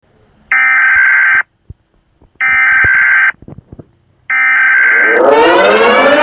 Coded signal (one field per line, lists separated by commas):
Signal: Emergency Alert System (SAME) tones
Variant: header bursts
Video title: layla Georgio EAS alarm (mega end of the world) SUPER KAKA LOUD